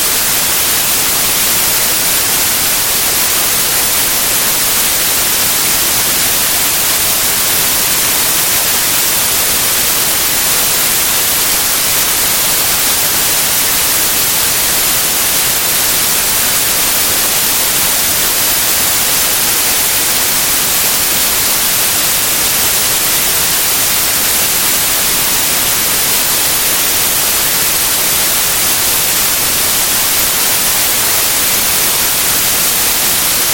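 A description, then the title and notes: Steady white noise hisses without change for the whole stretch, a dense, even wash tilted toward the bright, airy top with no separate events. White noise is a gentle, constant sound.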